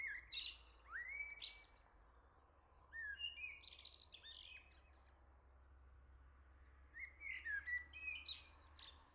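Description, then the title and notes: Common blackbird delivering rounded whistled phrases ending in high scratchy twitters, three phrases with pauses, with a faint low hum beneath. Singing close by on the morning summer arrived, La Jarrie, France; recorded with SD MixPre-6 II, MS MKH40/30 in Cinela PIA2. "Le Merle salue l'été, 3 Gd Rue de Chassagne, 17220 La Jarrie, France. Quel Sol!!!! pour saluer l'arrivée de l'été ce matin! Merci Jolie Merle de tes vocalises à proximité!"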